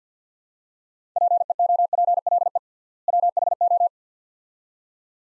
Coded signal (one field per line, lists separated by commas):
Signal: Morse code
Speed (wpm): 50 wpm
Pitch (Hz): 700 Hz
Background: none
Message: PEOPLE WHO